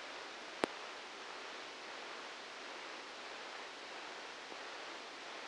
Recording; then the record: brain microelectrode recording played as sound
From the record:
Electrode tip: outside the subthalamic nucleus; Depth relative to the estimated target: -4 mm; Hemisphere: left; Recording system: NeuroSet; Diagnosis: Parkinson's disease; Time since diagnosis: 19 years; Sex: female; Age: 69 years